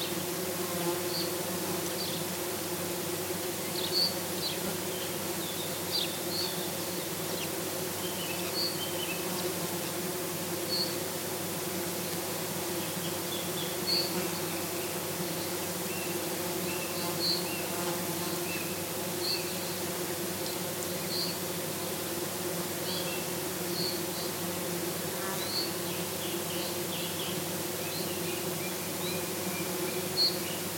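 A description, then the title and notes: A dense swarm of flies hums steadily throughout, a low, even buzz that never lets up across the half minute. Above it, small high chirps and ticks sound every second or so, scattered and faint. Some buzzy flies at Abel Tasman National Park, New Zealand.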